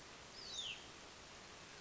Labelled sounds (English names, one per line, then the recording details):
Hutton's Vireo
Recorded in Sonoma County, California